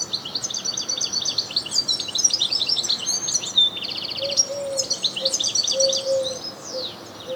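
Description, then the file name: European goldfinch twittering, a fast jumble of tinkling high notes with short buzzy rattles, with an intermittent low hum in the second half. "Carduelis carduelis"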